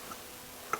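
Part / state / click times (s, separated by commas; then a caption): wiring harness plug onto ignition coil / not seated / none. A wiring harness plug is handled at an ignition coil on a Porsche Boxster during a 100K service, just before being pushed back onto the coil. A faint tick comes at about 0.1 s and a short, sharp tick at 0.7 s over quiet background. Nothing has seated or clicked into place yet.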